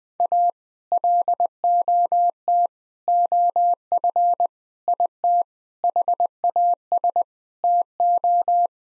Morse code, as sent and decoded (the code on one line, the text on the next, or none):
.- / .-.. --- - / --- ..-. / .. - / .... .- ... / - ---
A LOT OF IT HAS TO